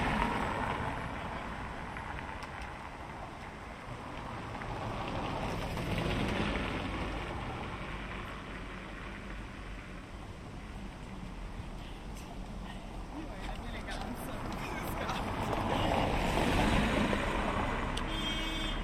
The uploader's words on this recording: A close-up, binaural recording of a paved/tiled road intersection in Rome. Recorded by Cities and Memory.